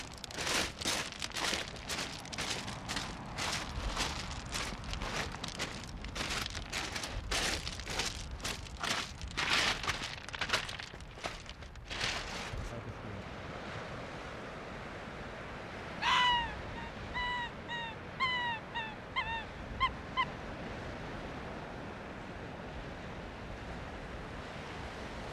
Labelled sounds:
Arctic Fox
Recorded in the wild
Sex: pair
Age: adult
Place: Insel Mednyi, Kommandeur-Inseln, RU
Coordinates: 54.5167, 168.083
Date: 1999-07-24
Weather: Nebel, 500 m Sicht, 8°C
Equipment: Sony WM-D6C, Sennheiser MKH 70, Windkorb, Kopie Tascam DA 30
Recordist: Frommolt, Karl-Heinz

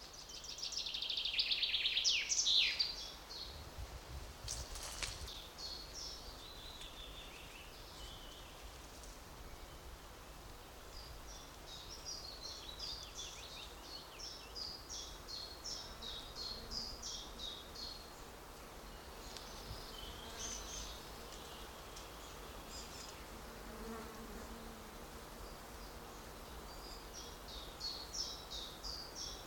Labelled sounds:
Common Chaffinch
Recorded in the wild
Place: Mühlenbecker Wald, Brandenburg, DE
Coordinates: 52.69, 13.37
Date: 1992-06-27 12:59
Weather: sonnig, 22-26°C
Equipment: Marantz CP 430, Sennheiser ME 80, Kopie Tesla B 116
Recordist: Tembrock, Günter

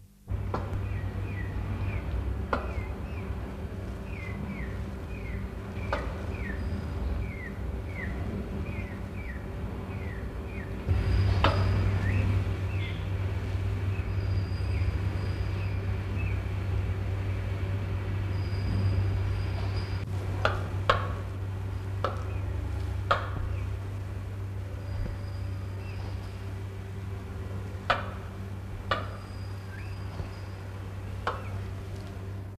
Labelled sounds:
Indian Peafowl call
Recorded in captivity
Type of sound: call
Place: Zoo Zürich, CH
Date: 1968-08-05
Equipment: Halbspur, 9,5 cm/s
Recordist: Lütgens, Hans
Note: weiße Pfauhenne warnend mit einem etwa zwei Monate alten, aber normal gefärbten Küken

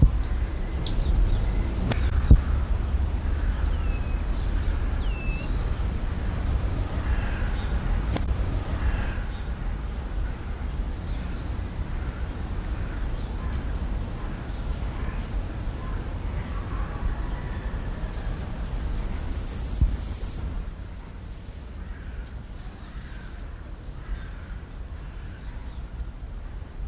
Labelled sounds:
Common Marmoset call
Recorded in captivity
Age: adult
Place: Zoo Berlin, Berlin, DE
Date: 1993-07-17
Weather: 20-22°C, heiter-wolkig
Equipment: Marantz CP 430, Sennheiser ME 80, Kopie Uher Variocord 263
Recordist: Tembrock, Günter

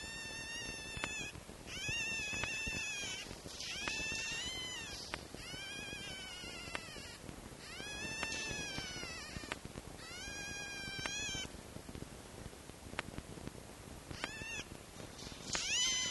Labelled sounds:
Red Fox
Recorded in captivity
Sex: male
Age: juvenile
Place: Zoologisches Institut der HUB, Berlin, DE
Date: 1955-04-22 12:30
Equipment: Elmetra
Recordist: Tembrock, Günter
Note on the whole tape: Band F 213-a: Zenzi-Welpen: Männchen 1 vor Mikrofon. Achtung technische Probleme: Störimpulse

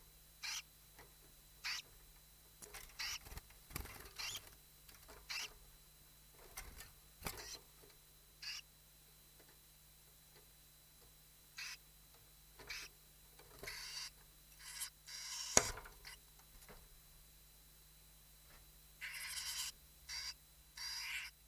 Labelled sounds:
Western Bonelli's Warbler call
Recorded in captivity
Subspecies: bonelli
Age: juvenile
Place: Zoologisches Institut Universität Tübingen, Baden-Württemberg, DE
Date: 1971-07-03
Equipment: Nagra III PH, MD 211
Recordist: Killmaier

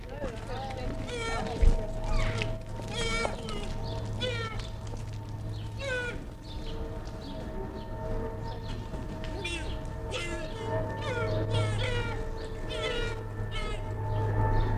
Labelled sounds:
Fallow Deer call
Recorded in captivity
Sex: diverse
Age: diverse
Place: Zoo Berlin, Berlin, DE
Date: 1959-07-04 16:00
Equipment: Reporter (Vollspur)
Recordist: Tembrock, Günter

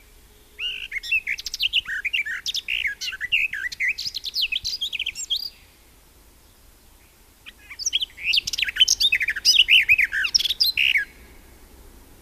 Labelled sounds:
Garden Warbler song
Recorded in the wild
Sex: male
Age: adult
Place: Erlangen, Bayern, DE
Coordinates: 49.5644, 11.0131
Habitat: forest
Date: 1963-05-31
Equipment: Nagra, AKG D19/200, Parabol, Original, Vollspur
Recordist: Tretzel, Erwin
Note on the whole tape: Gartengrasmücke Ia: Brucker Lache, Ende Mai 1963, zum Sort. II (siehe Datenbank-Feld "Anmerkungen")

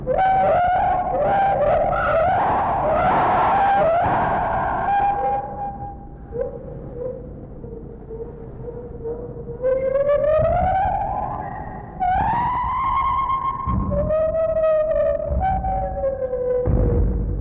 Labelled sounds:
Lar Gibbon
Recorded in captivity
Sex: pair
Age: adult
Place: Zoo Berlin, Berlin, DE
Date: 1961-02-25 14:00
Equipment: Minifon, Kopie Smaragd
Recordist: Tembrock, Günter
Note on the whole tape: Weibchen mit 14 Tage altem Jungen, Duette des Paares, Weibchen beginnt Männchen fällt mit hellen Lauten (auch Triller) ein. Innenaufnahme, zum Teil etwas übersteuert

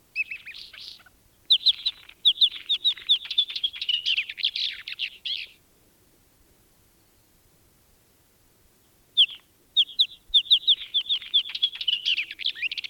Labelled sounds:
Isabelline Wheatear song
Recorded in the wild
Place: Wüste Gobi, MN
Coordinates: 42.795, 105.032
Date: 1979-06-01 04:50
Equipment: Nagra III BH, Sennheiser MD 21, parabola
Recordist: Schubert, Michael
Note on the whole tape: Spontangesang Isabellsteinschmätzer

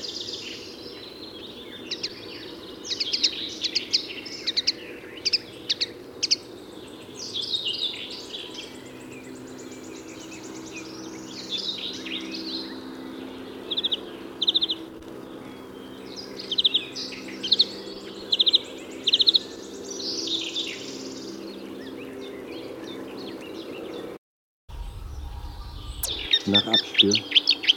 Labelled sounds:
Marsh Warbler song
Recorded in the wild
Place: Glowe, Insel Rügen, Mecklenburg-Vorpommern, DE
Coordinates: 54.574, 13.433
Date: 1977-06-03 08:00
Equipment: Nagra III BH, Sennheiser MD 21, parabola
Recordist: Schubert, Michael

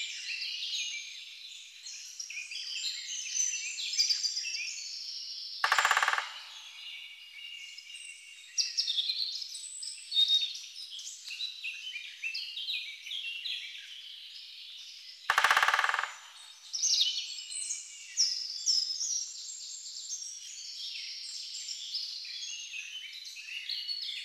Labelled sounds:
Great Spotted Woodpecker drumming
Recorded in the wild
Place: Lilienhof / Kaiserstuhl, Baden-Württemberg, DE
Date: 2009-05-03
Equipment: MiniDisc Sharp MT 20 H
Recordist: Schwarz, Dieter

